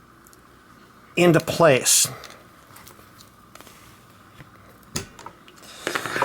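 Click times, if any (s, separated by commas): 5.0 s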